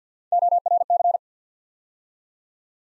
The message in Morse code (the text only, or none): ORC